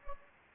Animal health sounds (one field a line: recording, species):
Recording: mosquito wingbeat signal from an infrared sensor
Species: Anopheles gambiae